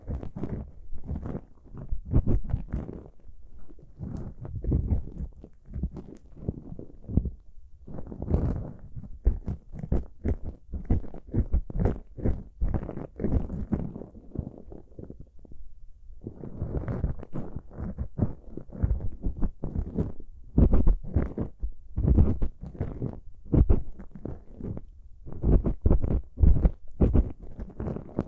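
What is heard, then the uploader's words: Ear picking, a close run of dense scratching, rubbing and soft crackling taps. The strokes come fast and irregular, mostly low and muffled with brighter crackles reaching higher, and a thumping pulse underneath. Two brief quieter gaps fall near 7 and 15 seconds. Pure ear picking, heartbeat simulation.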